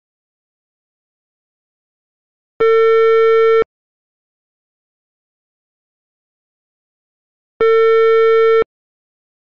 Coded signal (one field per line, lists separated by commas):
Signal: telephone call progress tone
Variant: China, 450 Hz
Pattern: ringback tone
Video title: Ringing/Ringback tones in time: Brazil (1969-2024)